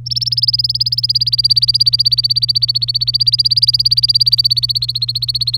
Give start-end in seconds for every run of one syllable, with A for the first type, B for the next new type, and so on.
0.06-5.57 A